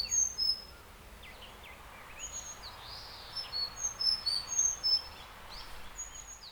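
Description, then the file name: Sakhalin leaf warbler singing very high, brief piercing notes, repeated rapidly in short phrases over constant background noise. "ezomusikui"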